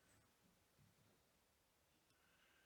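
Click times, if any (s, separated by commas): none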